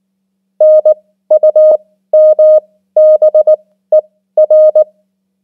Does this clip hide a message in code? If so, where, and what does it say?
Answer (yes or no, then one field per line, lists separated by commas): yes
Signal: Morse code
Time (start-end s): 0.6-4.8 s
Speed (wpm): 19 wpm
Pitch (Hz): 620 Hz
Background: none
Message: NUMBER